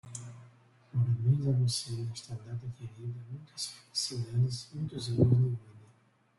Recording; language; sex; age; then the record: short text; Brazilian Portuguese; male; 30 to 39 years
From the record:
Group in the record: control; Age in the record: 38 years